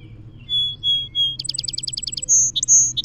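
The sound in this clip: Song Sparrow song with three steady whistled notes, a quick chattering trill, then buzzy ringing notes; low background rumble throughout.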